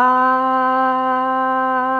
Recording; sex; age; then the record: sustained vowel /a/; female; 18 to 19 years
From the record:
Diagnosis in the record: healthy control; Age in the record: 18 years